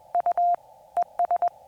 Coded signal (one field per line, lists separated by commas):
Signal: Morse code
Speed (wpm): 21 wpm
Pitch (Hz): 700 Hz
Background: none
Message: U ES